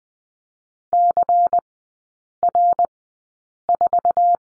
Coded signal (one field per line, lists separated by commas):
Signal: Morse code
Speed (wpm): 20 wpm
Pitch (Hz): 700 Hz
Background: none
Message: CR4